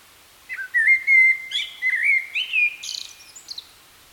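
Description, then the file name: Common blackbird delivering a smooth, warbling whistled phrase of slurred notes followed by a faint, rapid, hissy twitter at the end. "Turdus merula"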